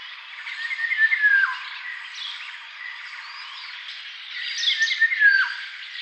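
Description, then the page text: Dark-throated oriole gives two clear down-slurred whistled calls, about four seconds apart, with softer chirping and rasping background sounds between them. "Dark-Throated Oriole Calls. Quick Sounds"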